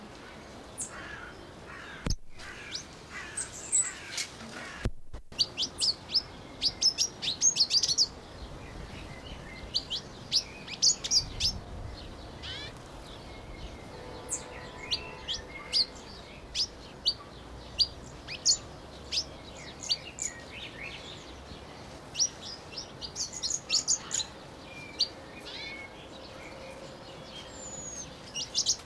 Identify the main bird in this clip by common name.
Pin-tailed Whydah